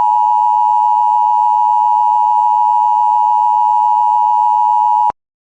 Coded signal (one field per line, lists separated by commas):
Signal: Emergency Alert System (SAME) tones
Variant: 853 and 960 Hz attention tone